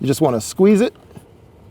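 A plastic glovebox trim cover is being refitted over the USB hub wiring in a Tesla Cybertruck glovebox, squeezed into its clips in the glovebox housing. Someone talks for most of the clip, followed by a faint soft tap around 1.2 s, then quiet. Nothing has seated or clicked yet.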